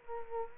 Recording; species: mosquito wingbeat signal from an infrared sensor; Culex quinquefasciatus